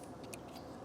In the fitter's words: and click into here, and that will ratchet.